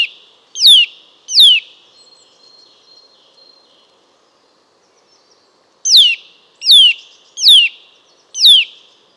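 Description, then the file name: Eurasian nuthatch giving loud, piping notes that sweep sharply downward, two near the start, then a pause of several seconds before four more in quick succession. "Sitta europaea"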